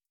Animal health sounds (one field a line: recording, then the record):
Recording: hydrophone in a shrimp aquaculture tank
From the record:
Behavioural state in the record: starved